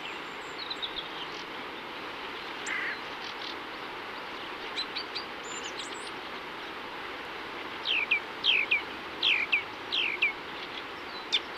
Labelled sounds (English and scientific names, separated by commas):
Coal Tit (Periparus ater) song